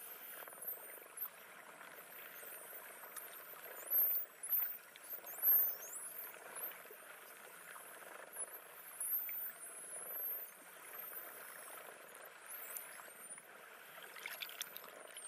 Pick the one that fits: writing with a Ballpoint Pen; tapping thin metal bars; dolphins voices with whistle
dolphins voices with whistle